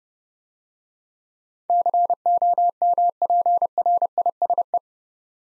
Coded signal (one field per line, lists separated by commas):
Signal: Morse code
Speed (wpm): 30 wpm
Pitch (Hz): 700 Hz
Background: none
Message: COMPRISE